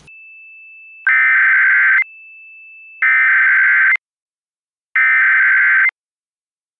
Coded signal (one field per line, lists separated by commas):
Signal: Emergency Alert System (SAME) tones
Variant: header bursts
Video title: El Lobo Negro and the River - an EAS Scenario/Audio Drama